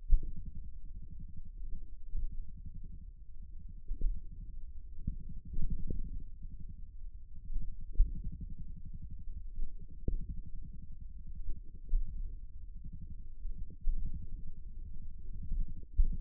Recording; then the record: forearm muscle sounds (acoustic myography)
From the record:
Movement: hand opening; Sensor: system 1, eight BSWA MPA416 microphones around the upper forearm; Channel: 8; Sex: male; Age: 54 years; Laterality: right